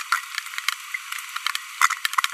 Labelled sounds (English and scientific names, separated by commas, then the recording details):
Green-rumped Parrotlet (Forpus passerinus) babbling
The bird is a female
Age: 23 days
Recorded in a nest box in Venezuela
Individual 17B42B2